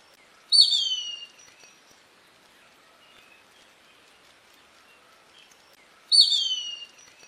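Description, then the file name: Plumbeous kite calling: two piercing, descending whistles about five and a half seconds apart, each falling off sharply, with quiet faint background between them. "Canto do Sovi"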